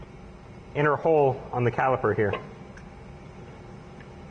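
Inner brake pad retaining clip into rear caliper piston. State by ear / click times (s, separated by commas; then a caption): not seated / none. On a 2003 Ford Crown Victoria rear brake caliper, the inner brake pad's claw-like retaining clip on its back is lined up against the caliper piston's inner hole before being pushed in. Someone talks from about 0.8 to 2.4 seconds, followed by faint light ticks at about 2.8 and 4.0 seconds. The pad is only positioned, and nothing has seated or clicked yet.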